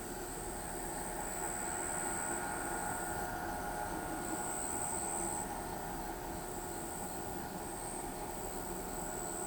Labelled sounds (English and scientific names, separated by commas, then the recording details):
none
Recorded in pastures near Pivijay, Magdalena, Colombia, on 16 April 2023 at 20:30
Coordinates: 10.456, -74.369
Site P6-G026